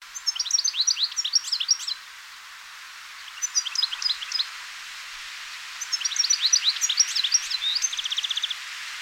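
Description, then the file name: European goldfinch calls, bright tinkling twittering phrases of quick chirps in three bursts, with a short rapid buzzy trill at the end, over steady background hiss. "Carduelis carduelis"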